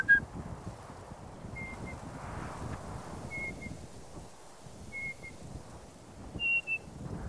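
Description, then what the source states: Night parrot whistle: short high two-note whistles, a brief pause between the notes, repeated a few times over a low rumbling background. Two-note whistle, one of about 15 call variations identified from thousands of hours of sound recordings; belongs to the whistle call category.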